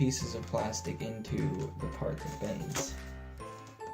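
Plastic tabs of the screen bezel on a Gateway NV55C57u laptop are pushed by hand into the bendable part of the screen lid during a screen replacement, while someone talks over background music. Nothing has seated or clicked yet; the clip ends just before the bezel clips snap home.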